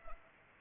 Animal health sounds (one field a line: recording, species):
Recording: mosquito wingbeat signal from an infrared sensor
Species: Culex pipiens